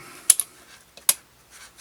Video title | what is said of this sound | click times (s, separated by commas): Bruni Mod P4 Blank Firing Pistol Field Strip | slide the rod in until you hear a click. | 0.3 s, 1.1 s